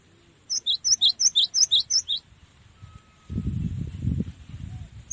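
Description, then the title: Cinereous tit song: a rapid, even run of about five high two-note phrases, then a burst of low rumbling noise. Tutor song used for training songbirds. "Masteran Gelatik Batu"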